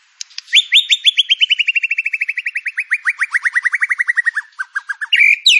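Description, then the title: White-rumped shama song: a long rapid series of clipped, whistled notes sliding steadily lower in pitch, then a few lower notes and a short buzzy flourish at the end. Lure song for White-rumped shama, full fill-in song material (isian) for training. "PANCINGAN MURAI BATU. MURAI BATU FULL MATERI ISIAN"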